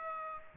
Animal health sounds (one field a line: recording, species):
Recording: mosquito wingbeat signal from an infrared sensor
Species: Aedes aegypti